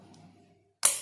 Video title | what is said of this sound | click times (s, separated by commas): Chi tiết thay Ram và SSD cho Laptop cũ 8 năm tuổi-Asus X401A | Đó, nó kêu tạch một cái, thế là được. | 0.9 s